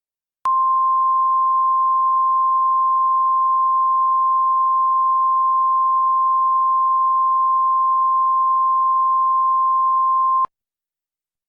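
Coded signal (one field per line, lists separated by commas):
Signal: Emergency Alert System (SAME) tones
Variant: 1050 Hz attention tone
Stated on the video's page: Fictional Halloween EAS scenario, produced with Audacity and Sitepal/Balabolka.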